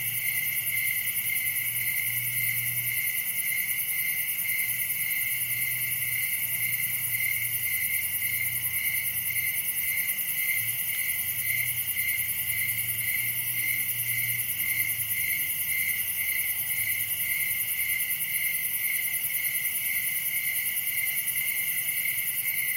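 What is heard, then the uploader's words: Crickets chirr steadily through a summer night in the woods, a dense, unbroken high trill layered with bright, even pulsing and a fainter sizzle above it. Underneath, a low hum wavers softly, and the overall level never changes. Summer night in Dell Creek state wildlife area. Recorded by Daniel Braun. This sound was recorded at night in a wooded area during the summer. Crickets are the main act here.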